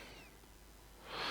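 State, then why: Not seated. During reassembly of a 2011 Citroen C4 Grand Picasso front door after replacing the window regulator, the speaker cable's plastic plug is being pushed back into the door speaker. Faint, low handling noise gives way to a rising broadband rustle from about 1.0 s to the end. Nothing has seated or clicked yet.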